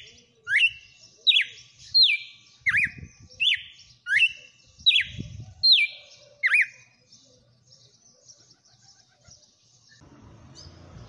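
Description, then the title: Red-cowled cardinal song: a run of bright, sliding whistled notes repeated about every 0.7 seconds, each dropping then rising, with soft low rumbles behind and a quiet end. Female, bird named Fenrir, singing. "Canto Galo Campina Fêmea. Galo de campina cantando na cara do FREGUÊS - Esse é o FENRIR"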